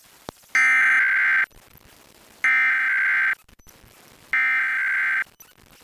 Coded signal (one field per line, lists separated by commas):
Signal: Emergency Alert System (SAME) tones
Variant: header bursts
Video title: Iowa Required Monthly Test (March 6, 2024)